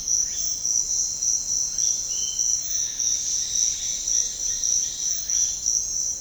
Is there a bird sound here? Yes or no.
yes